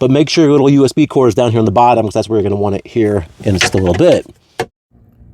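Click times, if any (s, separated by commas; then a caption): 4.6 s. Someone talks while the bottom edge of a plastic trim piece on a Cybertruck rotating screen mount is hooked in and pushed up. A single sharp click is heard at 4.6 s as the piece snaps and seats into place.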